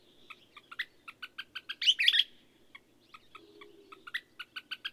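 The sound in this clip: Bird song of quick repeated chip notes in steady rhythm, broken by a dense burst of twittering near the middle, then chips resuming; a faint low hum persists.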